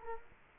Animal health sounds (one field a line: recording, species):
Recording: mosquito wingbeat signal from an infrared sensor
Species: Culex quinquefasciatus